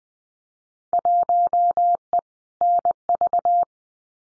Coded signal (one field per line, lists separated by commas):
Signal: Morse code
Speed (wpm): 19 wpm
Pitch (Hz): 700 Hz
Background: none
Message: 1E NV